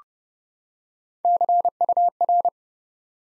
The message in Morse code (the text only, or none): CUR